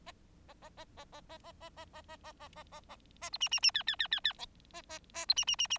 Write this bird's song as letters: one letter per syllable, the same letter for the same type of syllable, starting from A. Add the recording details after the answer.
A A A A A A A A A A A A A A A A A B C C C D D D D D E A A A B C C C C. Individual Bird4